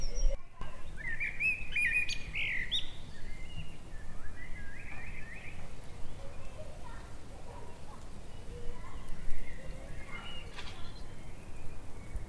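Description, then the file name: Common blackbird giving a short fluted phrase with high squeaky notes early on, then only faint notes over steady background noise. "Turdus merula"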